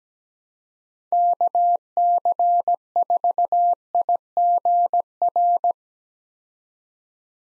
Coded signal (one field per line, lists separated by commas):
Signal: Morse code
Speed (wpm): 17 wpm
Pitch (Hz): 700 Hz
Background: none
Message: KC4IGR